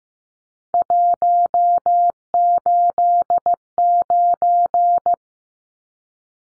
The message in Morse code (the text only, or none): 189